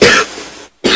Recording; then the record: coughing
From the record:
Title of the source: 64 coughing, allergies, singing lungs